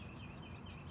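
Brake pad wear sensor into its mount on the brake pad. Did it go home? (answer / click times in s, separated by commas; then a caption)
no / none. A brake pad wear sensor from a 2008 BMW 535i is handled and pressed toward its mount on a new front brake pad. Steady low rumbling noise continues throughout, with a thin, wavering high tone running over it and no sharp transients. Nothing has seated or clicked yet.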